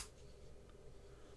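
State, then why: Not seated. The hinged flip-top cap on an atomizer's top cap is being handled as it is brought toward closing, giving only faint, low-level handling noise over a steady hum. Unlike an older version that needed lubed O-rings to seal, this cap is meant to close with a click, but nothing has seated or clicked yet.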